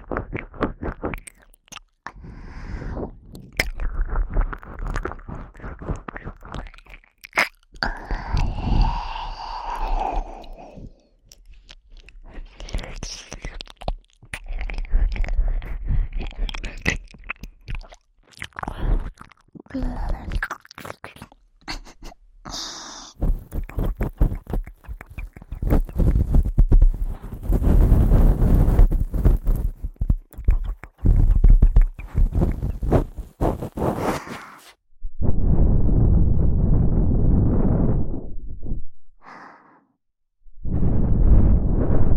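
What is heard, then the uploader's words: Wet mouth sounds of ear-eating ASMR: dense clicks, smacks and crunchy chewing noises, with brief breathy sighs. Bursts come in quick runs separated by short silences, and from about 25 to 35 seconds the sounds turn louder, muffled and rubbing. ASMR Ear Eating Tingles.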